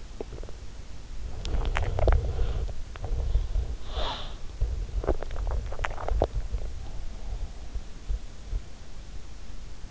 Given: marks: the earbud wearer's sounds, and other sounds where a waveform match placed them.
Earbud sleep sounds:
sounds in sleep by an in-ear microphone; swallowing, body movement, breath
0.00-0.80 s: swallowing
0.00-6.72 s: body movement
1.12-3.70 s: swallowing
3.70-4.42 s: breath
4.73-6.72 s: swallowing

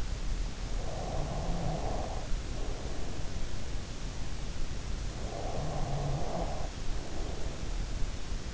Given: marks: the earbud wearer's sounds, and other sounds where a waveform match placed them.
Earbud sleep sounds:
sounds in sleep by an in-ear microphone; snoring breath
0.78-3.92 s: snoring breath
5.02-8.54 s: snoring breath

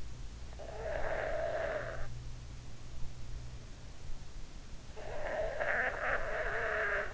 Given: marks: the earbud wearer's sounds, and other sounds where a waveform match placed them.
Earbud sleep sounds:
sounds in sleep by an in-ear microphone; breath
0.52-2.09 s: breath
4.97-7.14 s: breath

